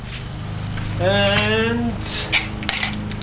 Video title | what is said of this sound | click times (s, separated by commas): Team Squirrel Tech Tips - shock revalve - part 16 of 16 | little bit of air in there a little snap and everything's | 2.7 s